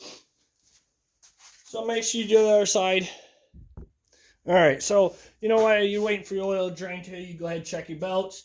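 A spark plug wire boot is pushed back onto a snugged-down spark plug on the Kohler 26 hp engine of a 2015 Craftsman riding lawn mower, clicking as it seats at 0.6 s. Someone talks afterward, with a few faint taps around 3.6 to 4.1 s.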